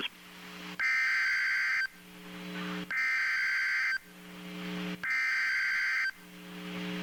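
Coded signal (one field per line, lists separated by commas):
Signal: Emergency Alert System (SAME) tones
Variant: header bursts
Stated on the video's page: Severe thunderstorm warning broadcast on NOAA Weather Radio station, issued by the Tulsa, Oklahoma forecast office.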